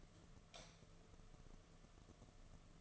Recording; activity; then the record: daily activity, microphone in the room; light off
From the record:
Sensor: 4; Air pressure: 1015.5 hPa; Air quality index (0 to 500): 182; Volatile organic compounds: 8 ppm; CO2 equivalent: 2101 ppm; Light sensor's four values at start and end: 23/56/24/25 and 22/53/22/24